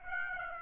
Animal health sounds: mosquito wingbeat signal from an infrared sensor; Aedes aegypti

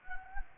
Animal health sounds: mosquito wingbeat signal from an infrared sensor; Anopheles gambiae

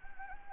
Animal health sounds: mosquito wingbeat signal from an infrared sensor; Anopheles gambiae

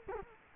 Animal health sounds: mosquito wingbeat signal from an infrared sensor; Culex quinquefasciatus

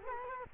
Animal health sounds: mosquito wingbeat signal from an infrared sensor; Culex quinquefasciatus

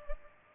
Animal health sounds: mosquito wingbeat signal from an infrared sensor; Culex pipiens

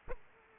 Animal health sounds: mosquito wingbeat signal from an infrared sensor; Aedes aegypti

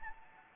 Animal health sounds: mosquito wingbeat signal from an infrared sensor; Anopheles gambiae

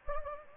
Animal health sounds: mosquito wingbeat signal from an infrared sensor; Anopheles gambiae

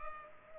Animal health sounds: mosquito wingbeat signal from an infrared sensor; Culex pipiens

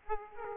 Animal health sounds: mosquito wingbeat signal from an infrared sensor; Aedes aegypti

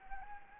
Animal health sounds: mosquito wingbeat signal from an infrared sensor; Anopheles arabiensis

